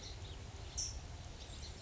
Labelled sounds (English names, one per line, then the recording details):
California Towhee
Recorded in Sonoma County, California